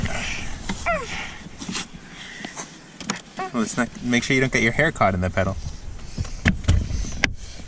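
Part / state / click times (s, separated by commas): pedal cover onto car pedal / partly seated / 6.5 s, 7.2 s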